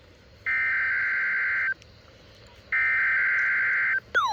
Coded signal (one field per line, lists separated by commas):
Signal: Emergency Alert System (SAME) tones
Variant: header bursts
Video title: KXI42 Christmas Eve Required Weekly Test 12/24/25 EAS #526